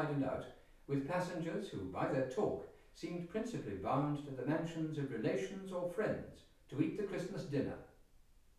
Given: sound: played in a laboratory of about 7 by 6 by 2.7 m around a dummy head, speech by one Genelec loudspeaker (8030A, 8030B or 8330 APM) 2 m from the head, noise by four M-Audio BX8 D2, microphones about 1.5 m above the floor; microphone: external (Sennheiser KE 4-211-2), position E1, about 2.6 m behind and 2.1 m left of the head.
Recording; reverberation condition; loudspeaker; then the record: male speech in English; medium; 60 degrees to the right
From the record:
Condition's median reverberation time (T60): about 510 ms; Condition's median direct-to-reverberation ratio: about -0.5 dB